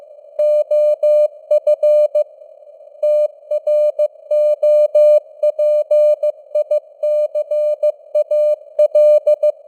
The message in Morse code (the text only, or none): OF TROPICAL